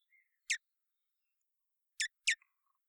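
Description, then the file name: Common blackbird uttering brief, sharp ticking notes: a single chip, a longer pause, then two quick chips, plus a faint thin note at the start. "Turdus merula"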